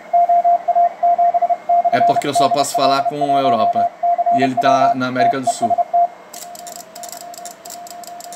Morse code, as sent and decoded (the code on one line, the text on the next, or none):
--- .- --... -..-. -.. .-.. .---- -.-. .-- / - . ... -
OA7/DL1CW TEST